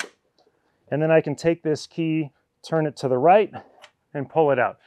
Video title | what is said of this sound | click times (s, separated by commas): 2024 Lynx Assembly | and then I'm going to push up. You should hear it click. | 0.0 s